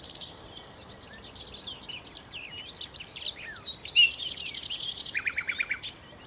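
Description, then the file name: Common nightingale song: a long, fast, pulsing trill of repeated notes lasting nearly two seconds, preceded by varied chirps. "Nachtigall"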